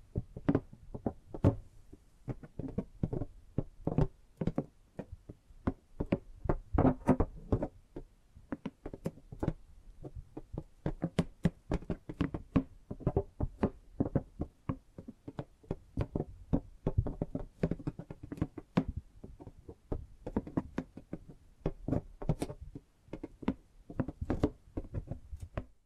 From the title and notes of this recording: ASMR Tapping and Gripping Sounds for Sleep No Talking.